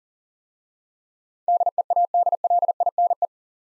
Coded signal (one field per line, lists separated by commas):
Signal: Morse code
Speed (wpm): 41 wpm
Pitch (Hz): 700 Hz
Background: none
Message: DEADLINE